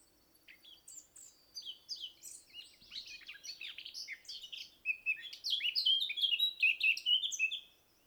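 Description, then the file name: Eurasian blackcap with a long, subdued scratchy warble for several seconds, climaxing in a burst of loud, clear whistled phrases at the end. "Sylvia atricapilla"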